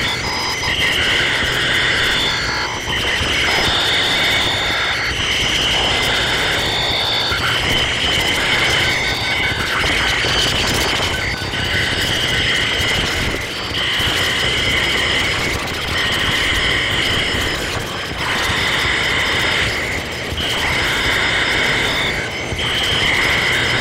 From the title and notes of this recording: Source recording of electronic crickets over Ohio circa summer 1995.